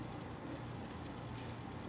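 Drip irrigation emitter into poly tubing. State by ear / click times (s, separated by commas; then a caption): not seated / none. A plastic drip irrigation emitter with a barbed, tapered end is being handled for pushing into a hole punched in poly irrigation tubing, where it must snap fully in or it will leak. Only steady, broadband wind-like noise with a low rumble is heard, with no sharp transients. Nothing has seated or snapped in yet.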